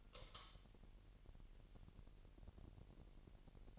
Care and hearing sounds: daily activity, microphone in the room; light on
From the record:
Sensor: 4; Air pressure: 1002.7 hPa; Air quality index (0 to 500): 248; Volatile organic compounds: 13 ppm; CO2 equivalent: 2388 ppm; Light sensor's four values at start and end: 6/14/6/6 and 7/16/6/7

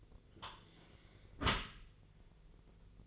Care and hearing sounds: daily activity, microphone in the room; close dishwasher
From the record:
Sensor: 4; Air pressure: 1001.3 hPa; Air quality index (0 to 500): 181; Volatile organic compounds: 2 ppm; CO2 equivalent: 1292 ppm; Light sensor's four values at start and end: 13/29/12/12 and 13/30/12/13

